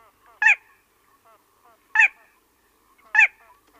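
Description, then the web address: Little crake calls: three loud, nasal, squawking notes, with soft short tonal notes in between. Male giving a display call. "Little Crake"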